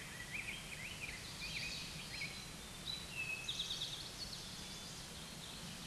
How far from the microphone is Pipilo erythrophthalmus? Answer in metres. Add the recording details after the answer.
about 50 m. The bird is about level with the microphone. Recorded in a Pennsylvania forest on 16 May 2024 at 09:33. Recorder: AudioMoth, point MSD-2287. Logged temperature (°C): 11.2 °C. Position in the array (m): 95 m, -2 m